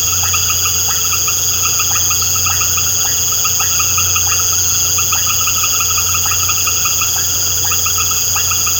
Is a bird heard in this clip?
no